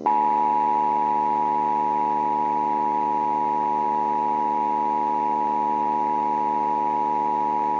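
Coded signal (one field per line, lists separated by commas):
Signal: Emergency Alert System (SAME) tones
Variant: 853 and 960 Hz attention tone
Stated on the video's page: Simulated EAS scenario for a Halloween AI uprising story; the tones are stated to be valid SAME tones.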